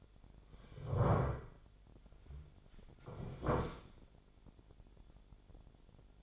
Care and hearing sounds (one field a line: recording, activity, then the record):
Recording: daily activity, microphone in the room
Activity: sit down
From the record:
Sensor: 5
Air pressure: 1008.0 hPa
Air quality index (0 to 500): 152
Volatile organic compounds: 3 ppm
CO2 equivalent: 1464 ppm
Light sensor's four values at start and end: 57/161/62/62 and 57/161/62/62